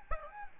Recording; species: mosquito wingbeat signal from an infrared sensor; Aedes albopictus